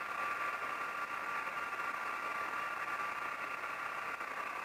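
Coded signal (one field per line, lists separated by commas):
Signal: PSK31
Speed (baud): 31.25 baud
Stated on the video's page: Parks on the Air activation with an FDX10, Palomar Bullet 71ft end-fed antenna and MFJ-16010 manual tuner.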